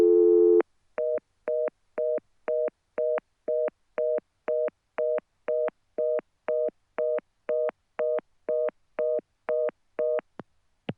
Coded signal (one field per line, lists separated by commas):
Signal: telephone call progress tone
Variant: North America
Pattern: reorder tone